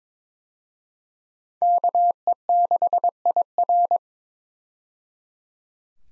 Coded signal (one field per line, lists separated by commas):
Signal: Morse code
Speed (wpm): 22 wpm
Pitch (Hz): 700 Hz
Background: none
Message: KE6IR